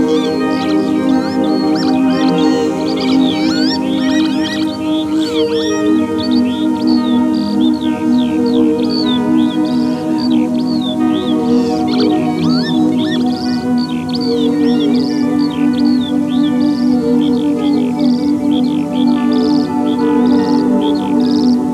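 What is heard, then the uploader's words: Early morning on the marshes: a dense, unbroken chorus of small birds chirps and trills all the way through, with quick bright calls overlapping. Beneath it runs a steady low drone that holds an even level throughout. Early morning on the marshes. Recorded early one morning in springtime at buckenham marshes.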